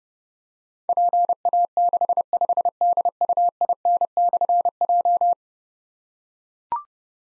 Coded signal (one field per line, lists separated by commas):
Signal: Morse code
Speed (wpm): 30 wpm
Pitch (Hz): 700 Hz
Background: none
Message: PA65DUIN/J